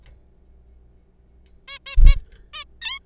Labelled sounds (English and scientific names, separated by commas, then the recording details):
Zebra Finch (Taeniopygia guttata)
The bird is a juvenile
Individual R3428